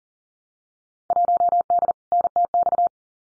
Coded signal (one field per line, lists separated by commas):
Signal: Morse code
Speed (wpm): 42 wpm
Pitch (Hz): 700 Hz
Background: none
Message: 1D NTX